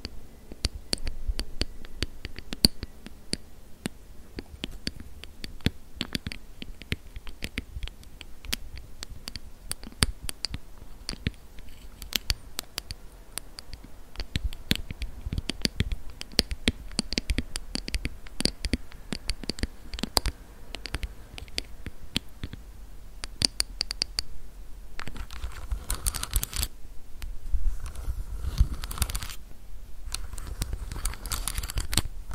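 Lens tapping and camera scratching: quick, irregular taps and clicks fill the first twenty-five seconds, dense and crisp with a soft low thump under each. Near the end, longer bright brushing and scratching strokes take over, swelling in short bursts around twenty-six and thirty seconds.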